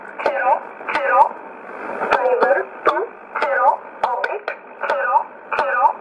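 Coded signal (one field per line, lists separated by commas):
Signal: numbers station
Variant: E11 Oblique, English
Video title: 31 01 2019 E11 Oblique Numbers station in English 1531 on 5082 unknown tx site in USB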